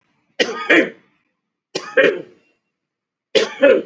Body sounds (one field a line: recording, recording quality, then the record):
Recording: heavy voluntary cough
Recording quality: excellent, no background noise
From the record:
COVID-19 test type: RT-PCR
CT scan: not taken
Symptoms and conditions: cough, cold, fever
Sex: male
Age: 53 years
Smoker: no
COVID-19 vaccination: both doses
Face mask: worn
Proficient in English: yes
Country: India